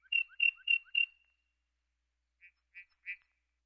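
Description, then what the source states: Lark calls: four quick, ringing high notes, each with a lower grace note, then a pause and three softer, separate chips. Prairie race.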